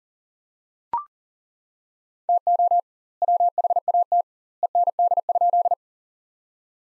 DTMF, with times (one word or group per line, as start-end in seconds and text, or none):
none